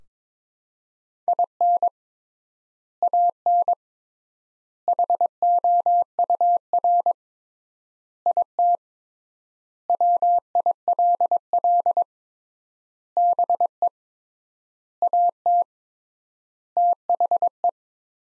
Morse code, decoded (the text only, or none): IN AN HOUR IT WILL BE AT THE